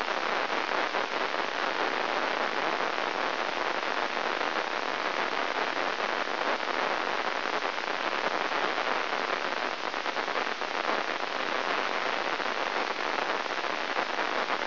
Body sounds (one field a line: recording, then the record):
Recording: brain microelectrode recording played as sound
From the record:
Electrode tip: inside the subthalamic nucleus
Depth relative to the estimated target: -1.3 mm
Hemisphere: left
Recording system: AlphaMap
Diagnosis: Parkinson's disease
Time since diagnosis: 21 years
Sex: female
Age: 61 years